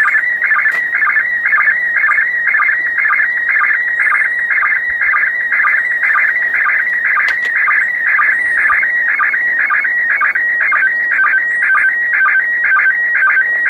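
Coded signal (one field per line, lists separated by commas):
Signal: SSTV (slow-scan television)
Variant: PD 120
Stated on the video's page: SSTV images received from the International Space Station during an overhead pass.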